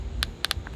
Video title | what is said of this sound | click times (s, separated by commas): New Kore Products - Recon Ballistic Sunglasses + Improved Belts | you get that beautiful little clicking sound | 0.2 s, 0.5 s, 0.7 s